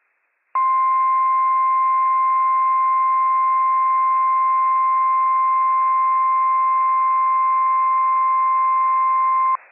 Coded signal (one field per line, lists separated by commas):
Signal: Emergency Alert System (SAME) tones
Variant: 1050 Hz attention tone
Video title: WWF56 Required Weekly Test from NWS Pendleton, Oregon - EAS #295 - 10:32 AM PST 11/9/22